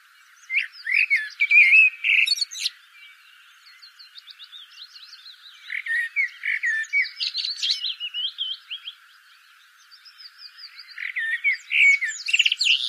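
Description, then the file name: Common blackbird song phrases, low mellow warbled whistles broken by high squeaky twitters, several phrases with short pauses between them. "Turdus merula"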